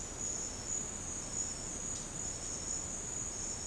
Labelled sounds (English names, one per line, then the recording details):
none
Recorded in secondary vegetation near Puerto Asís, Putumayo, Colombia, on 13 March 2025 at 13:30
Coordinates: 0.485, -76.322
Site G040